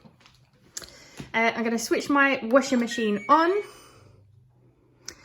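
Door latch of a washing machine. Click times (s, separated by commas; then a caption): 0.8 s. The front-loading washing machine door is pushed shut and its latch clicks sharply at 0.8 s. A few softer taps follow before someone talks, and another sharp tap comes near the end.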